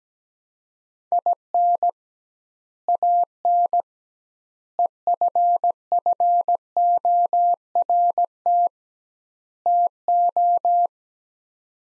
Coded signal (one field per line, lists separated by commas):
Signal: Morse code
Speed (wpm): 17 wpm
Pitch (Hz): 700 Hz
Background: none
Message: IN AN EFFORT TO